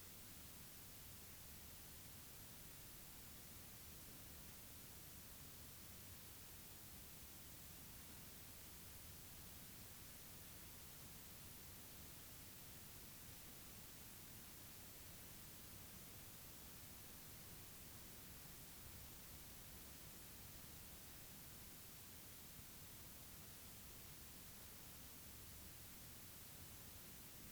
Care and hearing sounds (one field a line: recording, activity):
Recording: daily activity, guitar pickup as the sensor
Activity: lie down